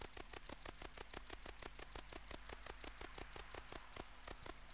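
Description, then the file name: Tettigonia hispanica bush-cricket song: loud high buzzy pulses in a quick, regular series, briefly interrupted near the end before continuing. "Tettigonia hispanica"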